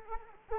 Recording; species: mosquito wingbeat signal from an infrared sensor; Culex quinquefasciatus